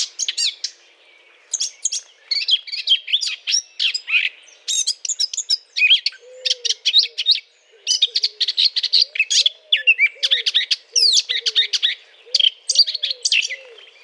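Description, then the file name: Eurasian blackcap song, sustained lively warbling of rapid varied notes. Courtship song; 20 April 2009. "090420 fauvette A- t Aate noire chant de s A©duction LPC"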